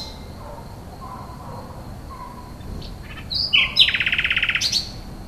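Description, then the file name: Common nightingale song: after a quiet stretch, a couple of sharp notes break into a dense, rapid, buzzy trill lasting about a second. "rossignol"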